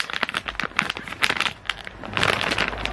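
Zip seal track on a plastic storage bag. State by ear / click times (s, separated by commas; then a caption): seated / 0.2 s, 0.8 s, 1.7 s, 2.2 s. The plastic press-to-close zip seal of a Walmart MagicBag vacuum shrink storage bag is pressed shut along its length, with crinkling plastic throughout. Sharp snaps are heard at 0.2, 0.8, 1.7 and 2.2 s as the seal snaps closed.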